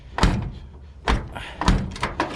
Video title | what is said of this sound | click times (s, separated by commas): 1988 Chevrolet Suburban door replacement with cheapest aftermarket shell -- what kind of quality? | it'll not latch properly it latches but it doesn't latch tight | 0.2 s